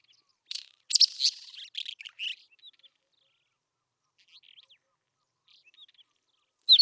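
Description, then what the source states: Isabelline wheatear song, a dense burst of harsh scratchy notes and chatter, fading into faint twittering, ending with a sharp whistled phrase. Recorded at Telmen Nuur.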